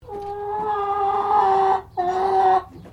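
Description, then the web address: Chicken giving two drawn-out nasal notes, the first lasting about two seconds and the second shorter. Brown Highliner chicken giving a long cluck. "Sound Effects-Foundation 1 BIRD CHICKEN HIGHLINER BROWN CLUCK LONG"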